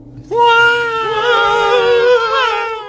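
A cat lets out one long, mournful whining cry that holds a fairly steady pitch with a slight wavering dip, loud and alone for about two and a half seconds.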